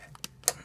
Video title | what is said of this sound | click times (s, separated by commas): 2011 - 2016 Toyota Sienna Replace Fuel Pump DIY, Fuel Module Disassembly, Fuel Pressure Regulator | snap and then just push it and make sure it's uh pull it back push it in make sure it's on there | 0.5 s